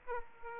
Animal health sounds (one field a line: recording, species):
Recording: mosquito wingbeat signal from an infrared sensor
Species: Aedes aegypti